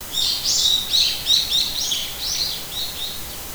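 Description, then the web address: Bird calls: a rapid series of high, sweeping chirps over a steady background hiss. "edycube bird"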